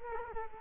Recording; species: mosquito wingbeat signal from an infrared sensor; Culex quinquefasciatus